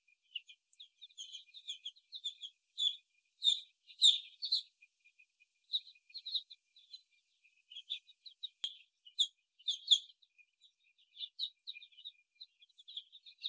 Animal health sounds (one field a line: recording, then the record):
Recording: young laying hens in a cage, short pieces joined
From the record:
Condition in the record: before the stressor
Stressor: simulated dog barking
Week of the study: 1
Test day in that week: 2